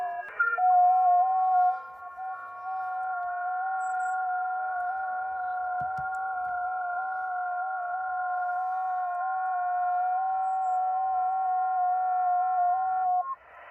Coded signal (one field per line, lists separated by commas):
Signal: FT8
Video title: First Ever FT4/FT8 POTA Activation From K-3905 - Marsh WMA In South Carolina